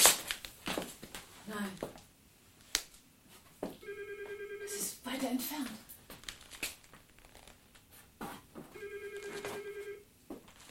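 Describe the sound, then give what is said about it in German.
A muffled telephone rings in two separate bursts, a steady buzzing trill each time, with rustling and crinkling noises scattered around them. “Ein paar Minuten später hörten wir ein gedämpftes Läuten.”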